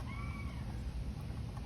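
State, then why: Not seated. A wiring connector is handled at the replacement headlight bulb socket of a 1993 Miata, with a steady low rumble and a faint high tone near the start. Nothing has seated or clicked yet.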